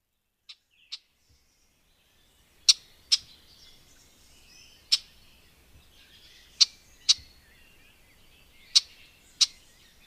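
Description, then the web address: Red-backed shrike uttering a series of dry, clicking chack notes, often in pairs, repeated irregularly over ten seconds, with faint bird chatter behind. "agykontroll Madardalok Cd 2. Tövisszúró gébics"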